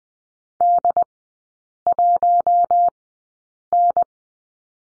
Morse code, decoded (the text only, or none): D1N